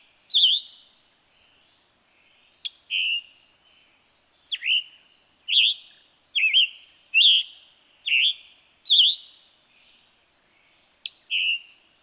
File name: Scarlet Tanager